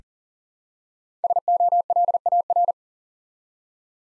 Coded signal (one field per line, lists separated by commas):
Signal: Morse code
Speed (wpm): 40 wpm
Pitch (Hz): 700 Hz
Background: none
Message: SOLAR